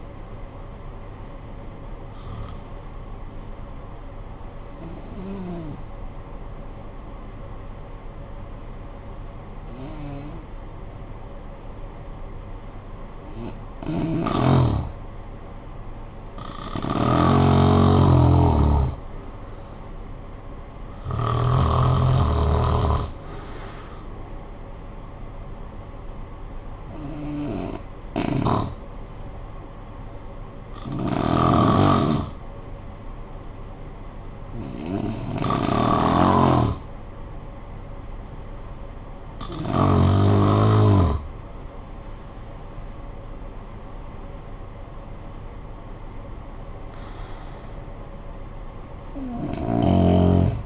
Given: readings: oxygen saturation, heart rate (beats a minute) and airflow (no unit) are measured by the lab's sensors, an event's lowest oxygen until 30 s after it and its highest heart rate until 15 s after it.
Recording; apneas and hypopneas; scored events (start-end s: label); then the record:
breathing in sleep by a smartphone at the bedside; 2
3.00-16.40 s: hypopnea (N1, oxygen 96% highest, then 90% lowest, heart rate 55 at the start, 62 highest)
27.00-43.50 s: hypopnea (N1, oxygen 95% highest, then 94% lowest, heart rate 61 at the start, 70 highest)
From the record:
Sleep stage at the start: N1 (lightest sleep); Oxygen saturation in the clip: 89 to 96%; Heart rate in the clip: 52 to 70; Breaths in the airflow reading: 12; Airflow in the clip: -15.9 to 12.5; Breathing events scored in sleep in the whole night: 445 in 7.6 hours asleep